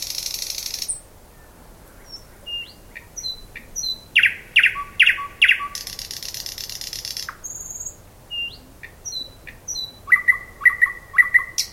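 Thrush nightingale song opening with a buzzy rattle, then thin whistles, loud descending slurred notes, another dry rattle, and a final series of quick repeated notes.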